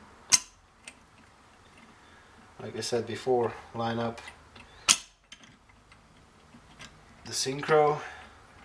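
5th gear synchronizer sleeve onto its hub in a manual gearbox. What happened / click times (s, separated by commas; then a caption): Handled, not yet home: no seating snap confirmed / none. During reassembly of a Peugeot 207 BE4 manual gearbox, the metal 5th-gear synchronizer sleeve, with its balls and springs, is lined up and pushed together onto its hub. Sharp metallic ticks sound around 0.3 s and 4.9 s while someone talks. Nothing has snapped into place yet.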